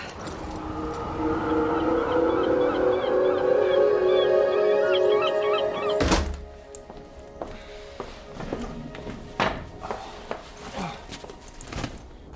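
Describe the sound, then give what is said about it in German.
Keys jingle and clink in short, scattered bursts as someone searches for a key, after a steady tonal backdrop suddenly cuts off with a sharp thump; the metallic rattles are light and irregular, with no one talking. “Ah, wo habe ich denn jetzt den Schlüssel? Den werde ich doch wohl nicht... Ah, da ist er ja.”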